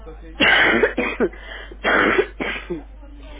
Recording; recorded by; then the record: voluntary cough; telephone call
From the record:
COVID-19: positive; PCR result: checked with the laboratory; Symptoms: yes